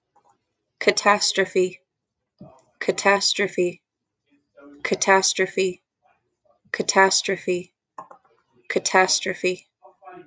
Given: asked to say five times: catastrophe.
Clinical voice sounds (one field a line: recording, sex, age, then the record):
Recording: repeated word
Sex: female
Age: 20 to 29 years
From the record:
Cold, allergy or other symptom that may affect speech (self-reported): no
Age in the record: 24 years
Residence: Montana, United States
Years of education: 12